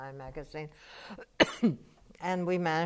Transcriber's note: coughs